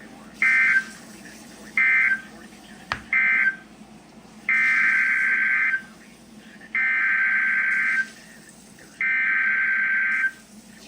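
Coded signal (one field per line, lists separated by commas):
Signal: Emergency Alert System (SAME) tones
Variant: header bursts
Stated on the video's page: Severe thunderstorm watches and warnings and tornado warning from NOAA Weather Radio stations in Fort Worth, Dallas, Waco and Austin, Texas.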